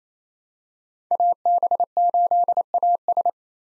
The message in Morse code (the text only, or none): AB8AS